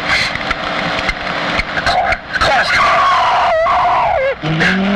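A car's tires screech in a long, wavering squeal that slides down in pitch over loud, dense engine roar, then the engine surges on as the car speeds off.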